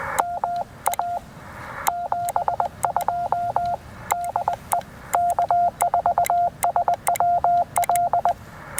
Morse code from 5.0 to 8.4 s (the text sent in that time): K4SWL